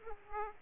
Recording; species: mosquito wingbeat signal from an infrared sensor; Aedes aegypti